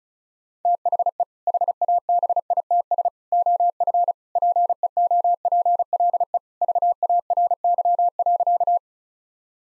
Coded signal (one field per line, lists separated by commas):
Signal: Morse code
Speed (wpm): 36 wpm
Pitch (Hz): 700 Hz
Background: none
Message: THE HABITS OF PEOPLE VARY.